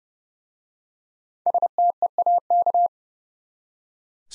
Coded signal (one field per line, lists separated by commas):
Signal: Morse code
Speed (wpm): 30 wpm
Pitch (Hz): 700 Hz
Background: none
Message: STEAK